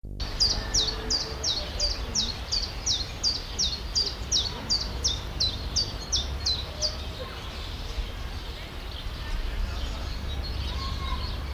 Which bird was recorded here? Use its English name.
Common Chiffchaff